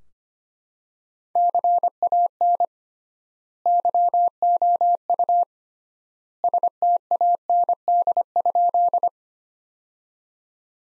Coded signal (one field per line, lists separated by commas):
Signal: Morse code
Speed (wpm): 25 wpm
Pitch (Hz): 700 Hz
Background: none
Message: CAN YOU STAND?